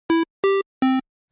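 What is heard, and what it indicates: Three steady, square-edged beeps at slightly differing pitches, each starting and stopping abruptly: a conventional hospital alarm tone with an unnatural flat amplitude envelope.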